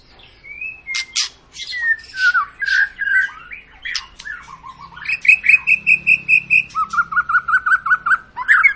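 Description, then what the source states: White-rumped shama singing continuously: varied whistles and slurred phrases, then long runs of rapid repeated notes at a steady pitch. Long lure recording (pancingan) of a constantly singing (gacor) white-rumped shama, used to prompt other birds to sing.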